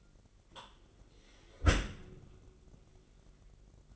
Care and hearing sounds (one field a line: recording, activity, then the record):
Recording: daily activity, microphone in the room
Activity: close dishwasher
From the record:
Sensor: 4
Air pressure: 999.1 hPa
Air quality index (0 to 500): 123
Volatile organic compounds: 2 ppm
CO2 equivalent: 1208 ppm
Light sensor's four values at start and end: 7/18/7/8 and 8/19/7/8